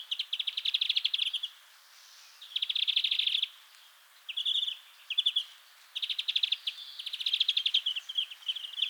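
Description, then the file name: European greenfinch giving rapid trills in bursts separated by short pauses. "Chloris chloris"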